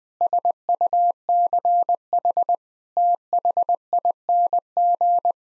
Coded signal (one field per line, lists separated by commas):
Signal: Morse code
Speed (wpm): 21 wpm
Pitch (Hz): 700 Hz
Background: none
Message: SUCH THING